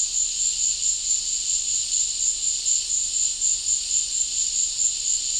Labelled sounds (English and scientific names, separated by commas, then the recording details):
none
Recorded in dense forest near Puerto Asís, Putumayo, Colombia, on 20 December 2024 at 15:30
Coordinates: 0.485, -76.318
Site GP03